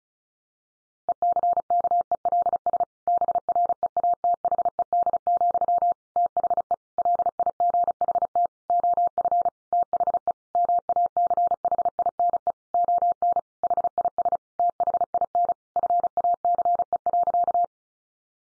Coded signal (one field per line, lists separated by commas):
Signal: Morse code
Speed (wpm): 34 wpm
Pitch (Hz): 700 Hz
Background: none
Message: ECKELS BREATHED, THE LIGHT OF THE MACHINE ON HIS THIN FACE.